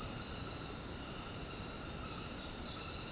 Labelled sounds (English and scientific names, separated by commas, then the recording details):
none
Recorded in dense forest near Puerto Asís, Putumayo, Colombia, on 21 February 2024 at 22:00
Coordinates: 0.486, -76.316
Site G6437